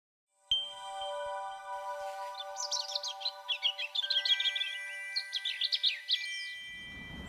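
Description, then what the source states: European Robin song: a rapid, varied phrase of thin, high twittering notes and trills lasting several seconds, set against sustained tones of soft background music. Recorded in Berlin in October 2023 by Lars Lachmann.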